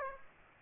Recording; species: mosquito wingbeat signal from an infrared sensor; Aedes aegypti